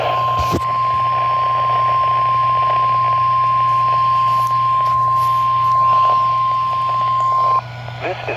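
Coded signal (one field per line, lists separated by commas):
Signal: Emergency Alert System (SAME) tones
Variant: 1050 Hz attention tone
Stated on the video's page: EAS alerts from 2023 in Michigan, captured from a NOAA weather radio.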